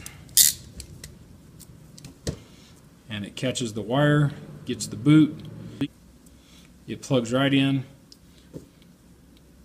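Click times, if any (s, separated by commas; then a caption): none. A crimped pin terminal with its seal boot, on a wire, is pushed into a plastic Delphi GT 150/280 automotive connector housing while someone talks, with a few sharp ticks and taps around the speech. The terminal is not clicked fully home, so nothing has seated or clicked yet.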